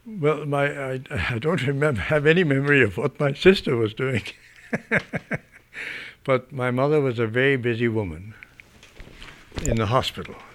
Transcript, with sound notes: Well, my, I don't remember, have any memory of what my sister was doing, (he laughs) but my mother was a very busy woman in the hospital.